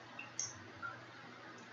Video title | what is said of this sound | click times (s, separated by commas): Tamiya A6M5 Zero Day 3: Interior details, engine painting, and major component assembly | So it does snap in place. | 0.4 s